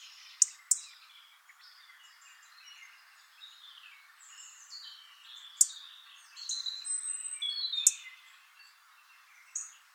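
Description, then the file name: European robin's quiet, high warbling song with a brighter phrase near the end, punctuated by a few sharp clicks. "Erithacus rubecula"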